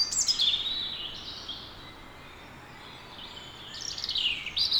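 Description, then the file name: European robin giving high, sweet, descending warbled phrases at the start and end, with a quieter gap between, against a constant background hiss. "Erithacus rubecula"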